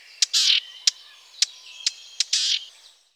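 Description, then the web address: Warbler song: sharp high ticks spaced throughout, broken by two dense, scratchy chattering bursts, each about a quarter second long. "sons oiseaux fauvette"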